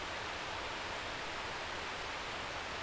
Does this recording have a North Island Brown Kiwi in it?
no